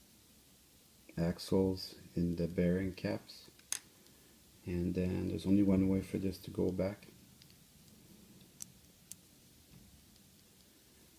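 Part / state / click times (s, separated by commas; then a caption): plastic bearing cap onto a model locomotive truck frame / seated / 8.6 s, 9.1 s. Someone talks while a plastic bearing and gear cover is pressed back over the axles of a truck on an N scale Atlas CSX GP30 locomotive with a GP9 drive. After the talking stops, two sharp clicks are heard at 8.6 s and 9.1 s as the cap snaps into place on the truck frame.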